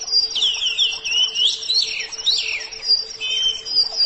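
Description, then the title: Oriental magpie-robin song of rich, fluid whistles and slurred downward notes delivered in a rapid varied stream, with a thin high buzzing in the background. "Suara Kicauan Burung Kacer"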